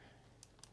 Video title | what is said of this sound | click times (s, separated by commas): Cellular Trail Cameras for Dummies - Unboxing and Set Up | You're gonna press it till it clicks. | 0.4 s, 0.6 s